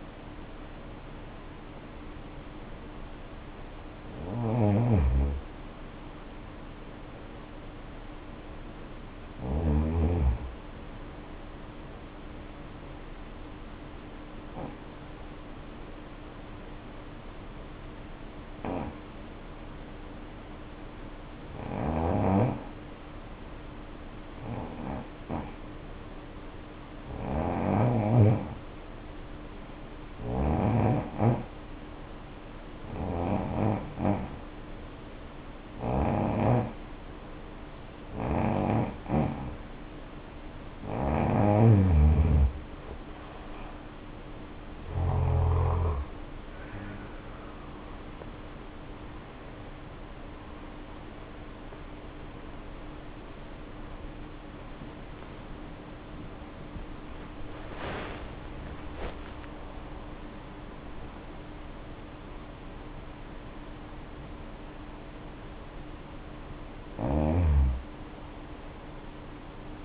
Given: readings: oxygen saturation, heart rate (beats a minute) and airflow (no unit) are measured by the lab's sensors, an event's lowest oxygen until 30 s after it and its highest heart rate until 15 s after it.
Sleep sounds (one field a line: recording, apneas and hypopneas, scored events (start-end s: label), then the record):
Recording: breathing in sleep by a voice recorder at the bedside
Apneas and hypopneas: 1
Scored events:
0.00-6.00 s: awake
14.00-29.10 s: hypopnea (N1, oxygen 94% highest, then 80% lowest, heart rate 65 at the start, 71 highest)
30.00-60.00 s: new sleep stage, awake
31.00-68.00 s: awake
60.00-69.85 s: new sleep stage, N1 (lightest sleep)
From the record:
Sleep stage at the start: N1 (lightest sleep)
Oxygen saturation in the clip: 66 to 94%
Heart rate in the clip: 62 to 84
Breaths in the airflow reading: 17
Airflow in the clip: -8.0 to 9.0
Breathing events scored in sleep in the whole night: 520 in 7.2 hours asleep